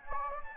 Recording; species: mosquito wingbeat signal from an infrared sensor; Anopheles gambiae